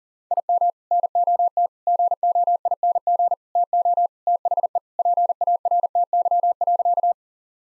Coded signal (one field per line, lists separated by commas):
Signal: Morse code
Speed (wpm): 40 wpm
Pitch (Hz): 700 Hz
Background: none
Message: IM NOT GOING TO THE PARTY.